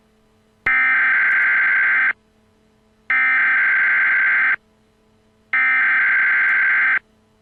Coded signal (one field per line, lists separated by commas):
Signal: Emergency Alert System (SAME) tones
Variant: header bursts